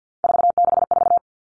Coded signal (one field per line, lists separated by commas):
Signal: Morse code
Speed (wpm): 50 wpm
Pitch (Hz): 700 Hz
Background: none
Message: 464